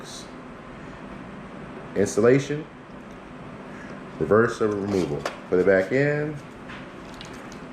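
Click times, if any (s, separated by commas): none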